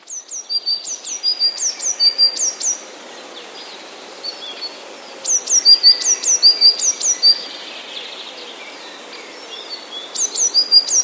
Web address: wroblowe teka spiew modraszkoteka